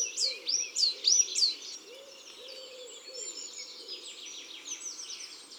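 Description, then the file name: Coal tit song: four bright, high, hooked notes in a fast even series, then fainter twittering. Song in woods and forests. "Mesange noire Chants doiseaux des bois et des forets"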